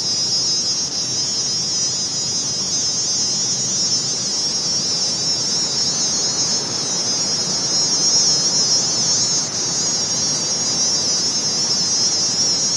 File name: zapsplat nature forest amb summer strong wind single cicada at 26 sec